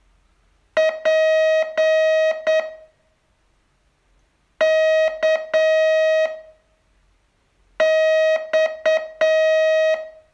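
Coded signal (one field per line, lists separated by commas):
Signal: Morse code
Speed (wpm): 8 wpm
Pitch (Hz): 630 Hz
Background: music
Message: P K X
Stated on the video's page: Day 29 of a 42-day Morse training course.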